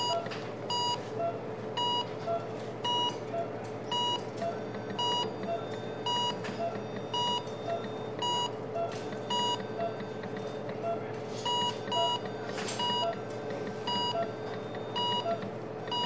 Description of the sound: Hospital Ventilator Running.